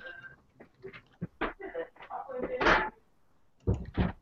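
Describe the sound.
A door is pushed shut with a brief rattling thud, accompanied by a few shuffling knocks, while someone in another room talks on the phone in muffled voices in the background.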